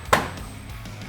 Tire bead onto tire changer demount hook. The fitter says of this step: and once it snaps into place, you're ready to begin the dismount phase of the top bead.